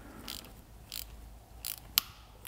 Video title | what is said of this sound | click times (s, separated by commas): Tauschen des Lenkervorbaus am Fahrrad einfach erklärt. | hat jetzt knacken gehört das drehmoment stürmt jetzt | 2.0 s